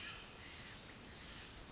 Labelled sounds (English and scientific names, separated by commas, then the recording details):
Pacific Wren (Troglodytes pacificus)
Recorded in Sonoma County, California